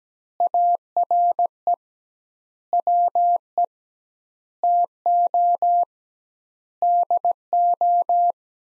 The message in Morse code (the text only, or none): ARE WE TO DO